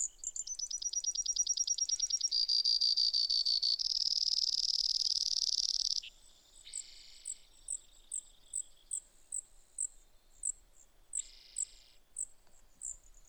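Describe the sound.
Brewer's sparrow song, a long high trill sliding slowly downward into a steady buzz, followed by evenly spaced sharp high notes and two short buzzy bursts.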